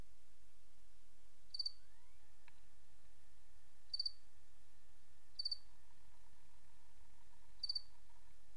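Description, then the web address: Cricket chirping in short, high, pulsed bursts at irregular intervals of about one and a half to two and a half seconds, with faint steady tones underneath. "Sabda Alam Crickets"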